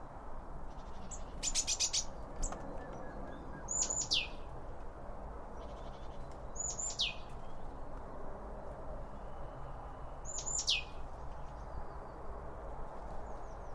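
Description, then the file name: Bird calls: a sharp descending chirp repeated every few seconds, with a quick trill early on and faint notes over low noise. Several birds around a bird feeder, recorded with two Line Audio OM1 microphones. "Birds Around Birdfeeding With Two Om 1 From Line Audio"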